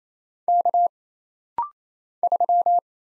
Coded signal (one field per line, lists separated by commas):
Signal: Morse code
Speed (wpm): 28 wpm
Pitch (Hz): 700 Hz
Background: none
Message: K 3